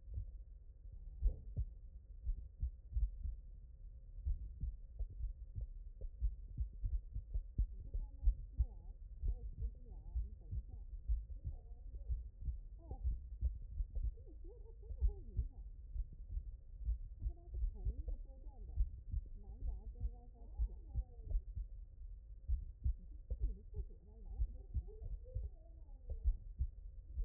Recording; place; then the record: heart sounds by stethoscope; mitral valve (MV)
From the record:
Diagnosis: HFrEF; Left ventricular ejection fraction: 29%